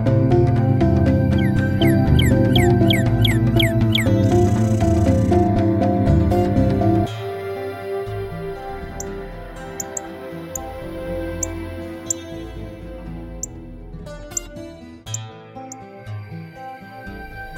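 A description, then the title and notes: A Northern Cardinal sings a quick run of repeated downslurred whistles in the first few seconds, over a heavy, steady low rumble. At about seven seconds the rumble drops away, leaving quieter steady tones and a few short, high chirps every second or so. Northern Cardinal.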